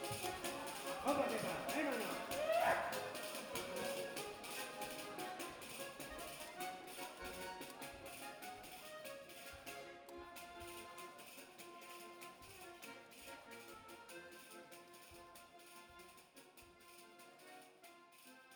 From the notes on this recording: A compilation of different field-recording made all along the Basque Country.